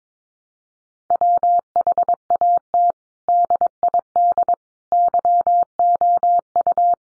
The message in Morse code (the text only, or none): WHAT DID YOU